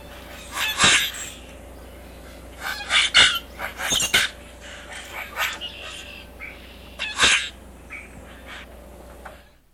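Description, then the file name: Common grackle giving harsh, grating bursts and squeaky rasping notes in irregular clusters, with quieter scratchy sounds between and a steady background hiss. Marshbird survey training. "Common Grackle-mmp training"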